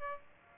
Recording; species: mosquito wingbeat signal from an infrared sensor; Aedes aegypti